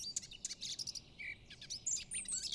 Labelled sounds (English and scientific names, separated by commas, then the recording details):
Eurasian Blackcap (Sylvia atricapilla)
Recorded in Germany
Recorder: ecoPi